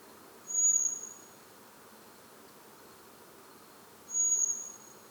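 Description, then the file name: Common blackbird sounding two long, thin, high-pitched whistles of even pitch, spaced about three and a half seconds apart, over gentle ambient hiss. "Turdus merula"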